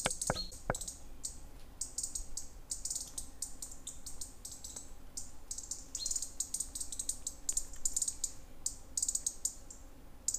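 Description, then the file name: European Robin delivering dense, high, twittering song phrases almost continuously, with a few clicks at the start and low background hum. "rouge gorge"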